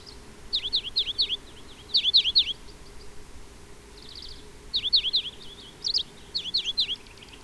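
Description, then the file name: European greenfinch chirping in short runs of quick swooping notes, grouped in clusters of three or four, with one brief faint trill midway. "Chloris chloris"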